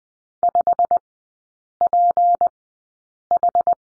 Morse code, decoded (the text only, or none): 5PH